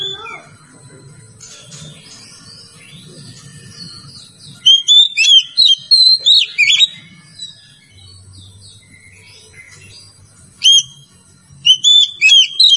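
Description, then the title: Oriental magpie-robin singing: soft, scratchy warbling at first, then loud, bright, clipped whistles in quick bursts, a pause, and another rapid burst of whistles. "Kacer"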